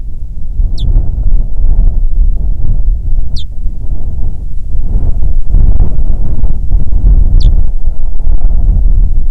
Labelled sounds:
bird
wind

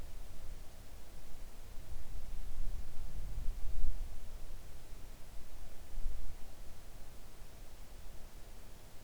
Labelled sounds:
near silence

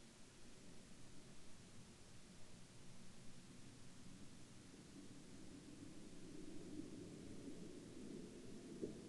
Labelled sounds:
man-made sound

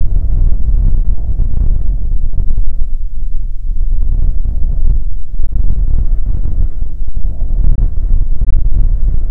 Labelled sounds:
wind

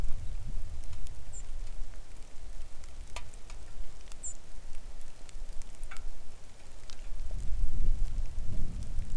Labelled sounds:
songbird
wind
rain

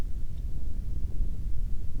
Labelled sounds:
wind

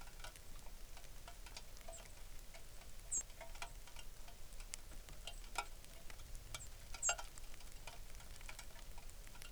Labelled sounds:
songbird
rain

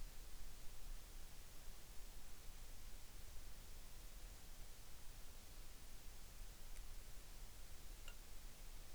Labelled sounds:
near silence

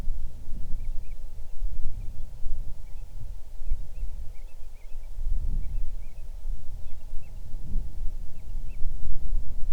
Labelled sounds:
bird
wind

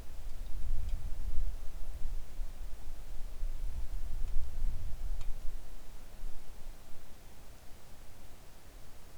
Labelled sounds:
wind
rain

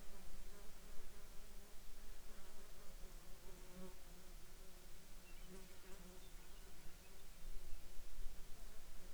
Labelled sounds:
insects

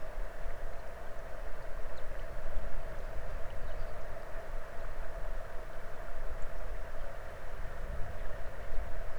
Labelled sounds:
songbird
water

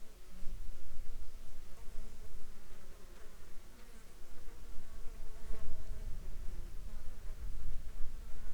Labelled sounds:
insects

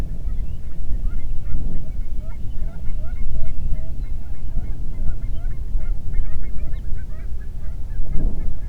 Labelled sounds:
waterfowl
shorebird

